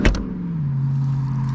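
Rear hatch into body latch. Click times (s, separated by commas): 0.0 s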